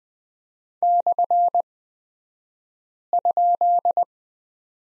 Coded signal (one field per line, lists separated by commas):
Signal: Morse code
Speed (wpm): 20 wpm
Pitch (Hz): 700 Hz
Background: none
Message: /?